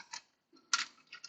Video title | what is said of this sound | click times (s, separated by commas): Chuck's Reviews Transformers Legacy Menasor | was the those foot coverings and you want to make sure they snap into place for security | 0.7 s